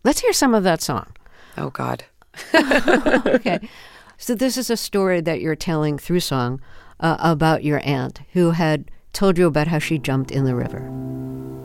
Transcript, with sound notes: Let's hear some of that song.
Oh, God.
(LAUGHTER)
OK. So this is a story that you're telling through song about your aunt who had told you about how she jumped in the river.